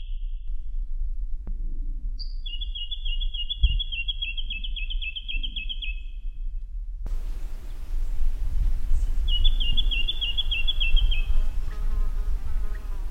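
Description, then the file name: Jacky winter calls in two rapid, stuttering trilled phrases of about four and two seconds, high and slightly falling, with a low background rumble growing louder halfway through. "suara jacky winter"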